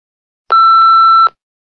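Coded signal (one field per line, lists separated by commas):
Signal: beep code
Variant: telephone answering machine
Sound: a single clean electronic beep of under a second, clicking at start and end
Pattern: 1 long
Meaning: Signals that recording has started; leave your message now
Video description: Telephone Answering Machine Beep Sound.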